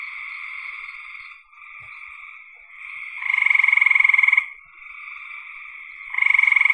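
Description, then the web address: Frog trills steadily in buzzy tones, and a loud rapid-pulsed rattle rises over the trilling twice, the second cut off at the end. "cn frogs"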